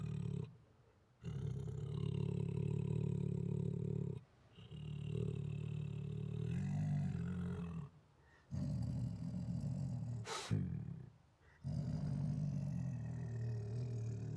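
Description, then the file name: Siberian tiger growling, deep rumbling growls lasting several seconds each, broken by short silent pauses, with one sharp click midway. Siberian tiger growling aggressively, with roars and snarls. "Siberian Tiger Aggressively Growls With Roars and Snarls [Sound Ideas]"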